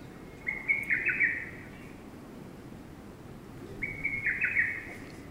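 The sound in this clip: Lesser cuckoo song: two bursts of hurried, stuttering high whistles about three seconds apart, with quiet background noise between.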